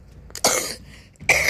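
Two abrupt, harsh coughs about a second apart, each a loud noisy burst, with a softer breathy sound between them. Dry-sounding coughs in an adult woman with a really bad cold, not COVID and not flu.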